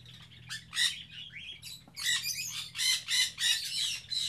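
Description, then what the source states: Birds letting out a quick run of loud, raspy squawks, a few scattered calls first, then a dense string of repeated harsh notes. Captive birds kept in an aviary on Spetses.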